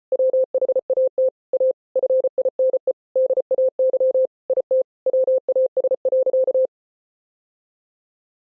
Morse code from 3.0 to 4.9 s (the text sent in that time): DAY IT